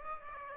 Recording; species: mosquito wingbeat signal from an infrared sensor; Aedes aegypti